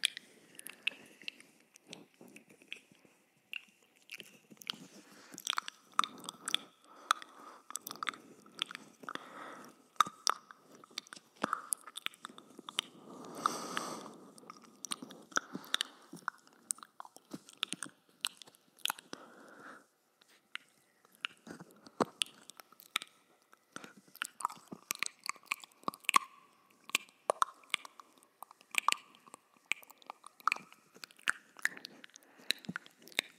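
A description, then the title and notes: Binaural mouth sounds: dense, irregular wet clicks and smacks throughout, with a steady faint tone underneath and a murmured patch near fourteen seconds. Hyper Intense Binaural Mouth Sounds. First time ever using a 3Dio Mic to test the sounds....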